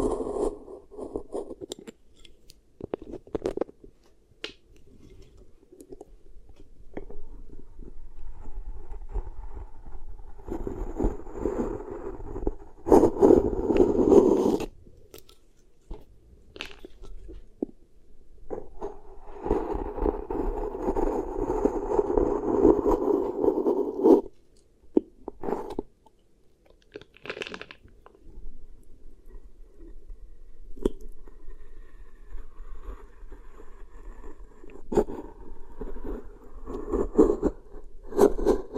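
Beeswax being handled in sticky, crunchy bursts, with scraping and squishing sounds. Louder, denser stretches come around 10–15 and 18–24 seconds, separated by quieter patches of small clicks and taps. The textures stay mostly low and muffled, with occasional sharper crackles.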